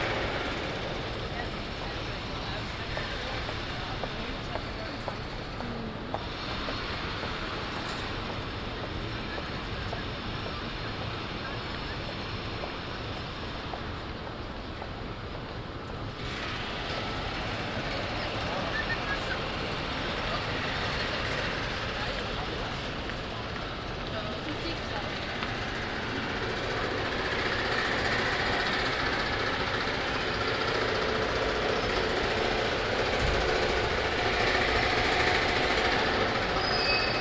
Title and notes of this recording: Construction work, Turfmarkt. Pedestrians and other traffic around a big building excavation at the Turfmarkt, Den Haag.